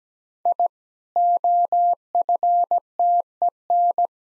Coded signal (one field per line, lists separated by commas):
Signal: Morse code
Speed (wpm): 17 wpm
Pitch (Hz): 700 Hz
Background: none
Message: I OFTEN